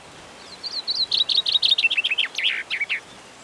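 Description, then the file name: Common chaffinch song: a descending cascade of bright chirps ending in a short emphatic flourish, over faint background hiss. "Fringilla coelebs"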